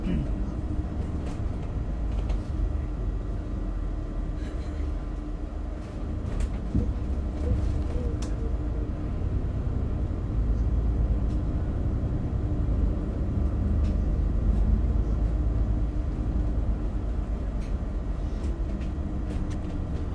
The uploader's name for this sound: Al Nadha to Al Ghurair center walking,Bus ride,Metro ride experience